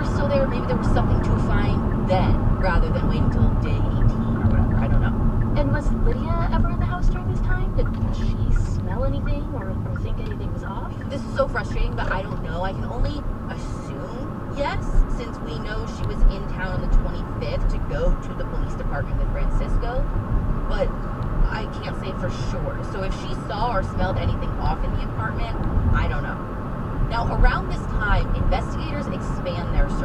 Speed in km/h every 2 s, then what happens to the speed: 66, 61, 52, 45, 37, 39, 40, 45, 53, 56, 58, 60, 61, 61, 63.
0-8 brakes to 37. 8-18 speeds up to 56. 18-30 steady at about 60.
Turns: none.